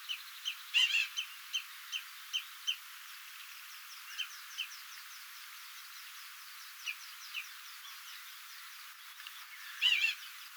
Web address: paivat 11 6 2025 tuollaisia toyhtohyyppaemon aania